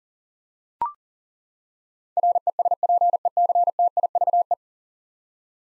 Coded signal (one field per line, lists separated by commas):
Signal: Morse code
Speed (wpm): 40 wpm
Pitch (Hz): 700 Hz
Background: none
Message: RESPECTIVE